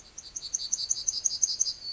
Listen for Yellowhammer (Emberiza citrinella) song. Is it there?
yes